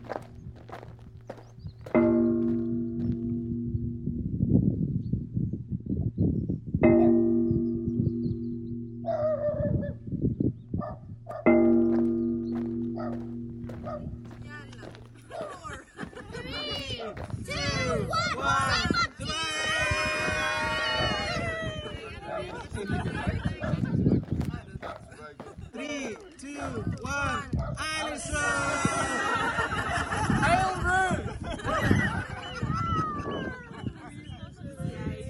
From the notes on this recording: recordings he made in the bay of Camas Tuath on the Isle of Mull, Scotland